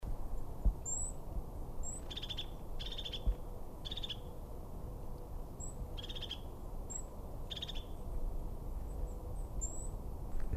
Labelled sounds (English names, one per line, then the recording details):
European Crested Tit call
Goldcrest
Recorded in the wild
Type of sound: call
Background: Regulus regulus
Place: Schönow, Naturpark Barnim, Brandenburg, DE
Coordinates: 52.6981, 13.5033
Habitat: coniferous forest
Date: 2013-01-13 14:47
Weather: clear, almost windless, -2°C
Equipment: Sound Devices 702, Sennheiser MKH 70, Rycote Windschutz
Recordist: Frommolt, Karl-Heinz
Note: Nordteil des Naturschutzgebietes Schönower Heide, Bestand von jungen Kiefern: Rufe einer Haubenmeise. Entfernung 10 m. Im Hintergrund Wintergoldhähnchen